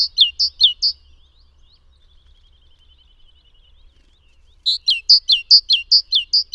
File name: Mesange charbonniere chants